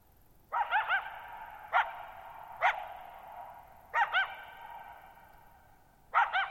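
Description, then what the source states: Coyote letting out short sharp barks and clipped yips in uneven succession, the sounds echoing and slowly dying away between calls. Lone coyote at night, July 14, 2019, Thirtymile Meadows, Okanogan National Forest, Okanogan High Country, Pacific Northwest, 6400 ft (1950 m); high dry plateau, shallow-bowl meadow.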